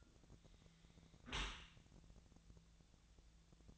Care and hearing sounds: daily activity, microphone in the room; close dishwasher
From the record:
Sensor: 3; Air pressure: 1000.5 hPa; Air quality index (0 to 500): 174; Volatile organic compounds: 3 ppm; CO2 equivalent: 1506 ppm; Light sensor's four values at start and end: 13/34/13/15 and 13/34/13/15

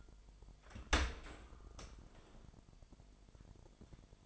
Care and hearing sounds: daily activity, microphone in the room; open dishwasher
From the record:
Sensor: 5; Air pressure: 998.4 hPa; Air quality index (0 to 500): 84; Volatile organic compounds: 1 ppm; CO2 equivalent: 948 ppm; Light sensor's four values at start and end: 20/48/20/22 and 20/48/20/22

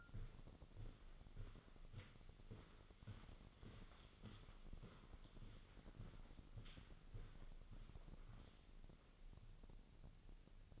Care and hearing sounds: daily activity, microphone in the room; walk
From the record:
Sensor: 4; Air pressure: 1010.1 hPa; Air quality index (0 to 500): 174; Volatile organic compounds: 2 ppm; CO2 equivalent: 1259 ppm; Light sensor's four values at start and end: 58/144/61/67 and 58/145/61/67

